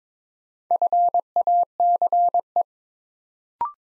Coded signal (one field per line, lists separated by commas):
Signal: Morse code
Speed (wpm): 22 wpm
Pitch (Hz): 700 Hz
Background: none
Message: FACE